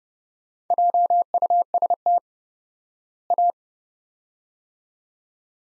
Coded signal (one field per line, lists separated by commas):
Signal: Morse code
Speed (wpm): 30 wpm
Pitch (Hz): 700 Hz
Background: none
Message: JUST A